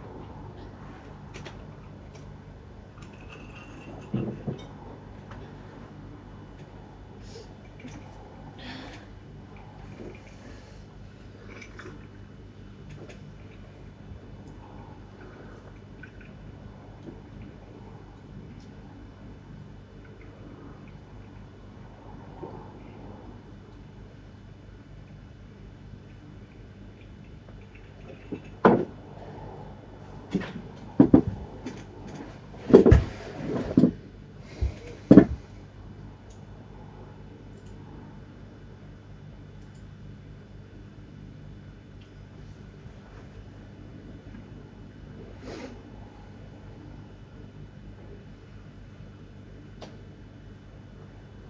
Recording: background sound without coughing